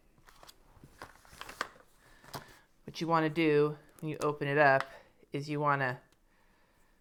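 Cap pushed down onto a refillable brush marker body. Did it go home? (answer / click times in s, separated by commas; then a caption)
yes / 1.6 s. After the yellow ring is taken off a refillable Mermaid brush marker, its cap is put back on and pushed down onto the marker body, with small taps and handling clicks early on. The cap snaps shut at 1.6 s, pushed all the way down so it won't leak. Someone then talks.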